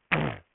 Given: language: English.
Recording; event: throat vibration sensor signal played as sound; throat clearing